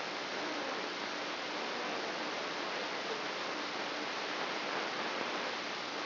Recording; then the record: brain microelectrode recording played as sound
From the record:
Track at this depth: outside the subthalamic nucleus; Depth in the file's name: 8.304 mm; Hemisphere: left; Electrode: 3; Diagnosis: Parkinson's disease